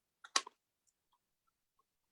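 A thin metal cutting die is pressed into the recess of a plastic hybrid embossing folder so it locks in place for die cutting and embossing at the same time. A small tap at 0.3 s leads into a sharp click at 0.4 s, followed by a softer tick and faint ticks afterward. The die only partly locks in, not as firmly as it should.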